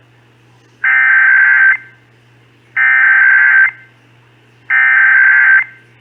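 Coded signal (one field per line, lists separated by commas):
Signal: Emergency Alert System (SAME) tones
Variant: header bursts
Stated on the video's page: Texas required monthly test as aired on WBAP-AM, KSCS-FM and KTVT-TV.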